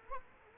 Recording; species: mosquito wingbeat signal from an infrared sensor; Culex quinquefasciatus